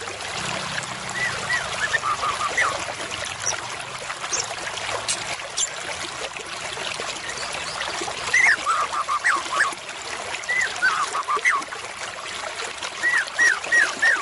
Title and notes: MB Pikat Jitu.. Suara Mantap. murai batu